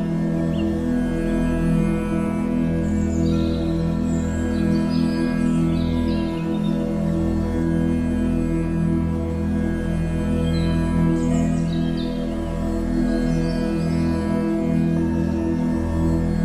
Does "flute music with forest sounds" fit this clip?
yes